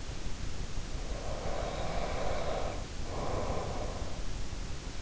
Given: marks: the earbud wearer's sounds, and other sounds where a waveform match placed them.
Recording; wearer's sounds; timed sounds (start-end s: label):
sounds in sleep by an in-ear microphone; breath
1.10-4.16 s: breath